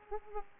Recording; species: mosquito wingbeat signal from an infrared sensor; Aedes aegypti